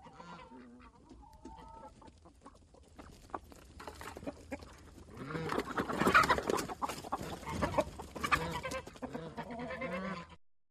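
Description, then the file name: Chickens clucking in short harmonic bursts, then a loud flurry of squawks and wing flapping midway, followed by more scattered clucks. Chickens in a barnyard, clucking, squawking and flapping their wings. "CHICKENS BARNYARD CU-CLUCK SQUAWK FLAP"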